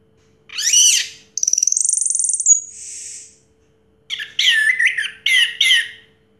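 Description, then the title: Orange-headed thrush song: a loud burst of descending whistled notes, a long buzzy trill, a fading hiss, then a pause and a run of rich, varied warbling phrases. Used to prompt a silent bird to sing. "Anis Merah Macet.. Pancing Dengan Suara Ini.. # Anis Merah"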